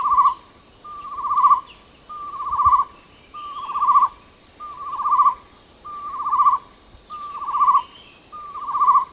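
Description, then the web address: Chestnut-necklaced partridge giving repeated whistled notes that build in loudness, roughly one every 1.2 seconds, with a continuous high-pitched insect hum in the background. Recorded at Danum on 8 August 2009. "DANUM 20090808. chestnut-necklaced hill partridge"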